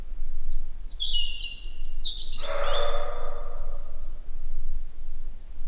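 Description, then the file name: European robin song: one short burst of thin, high, tinkling notes sliding up and down, with a brief rushing noise under it and a steady low rumble throughout. "Erithacus rubecula"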